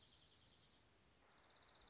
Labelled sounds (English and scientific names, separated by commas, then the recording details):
Dark-eyed Junco (Junco hyemalis)
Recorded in Sonoma County, California